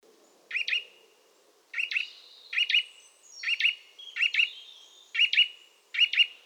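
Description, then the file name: Eurasian nuthatch calls: crisp doubled notes repeated about every second, with faint thin high tones between, over a quiet background. "Sitta europaea"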